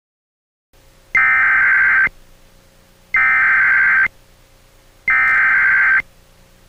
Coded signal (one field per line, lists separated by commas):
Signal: Emergency Alert System (SAME) tones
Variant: header bursts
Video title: EAS SCENARIO #11 - A Terrible Tornado Outbreak